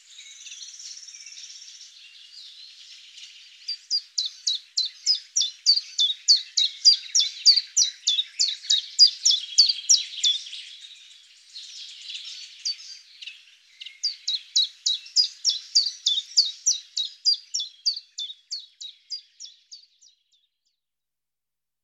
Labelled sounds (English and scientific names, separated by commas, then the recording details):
Common Chiffchaff (Phylloscopus collybita) song
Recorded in the wild
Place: Berezinsky, BY
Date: 2005-05-17
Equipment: Minidisc Sony MZ-R35, Telinga DAT, Telinga-Parabolspiegel
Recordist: Schwarz, Dieter